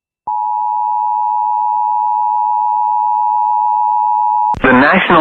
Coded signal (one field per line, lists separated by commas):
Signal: Emergency Alert System (SAME) tones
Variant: 853 and 960 Hz attention tone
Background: speech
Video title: VA And WV SVR EAS #667